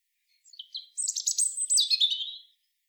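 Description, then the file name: European robin singing one rapid, varied phrase of thin high whistles and tinkling trills, rising and falling, lasting about two seconds against a quiet background. "Erithacus rubecula"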